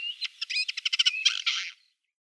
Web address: Schulze Peter Eurasian Jay song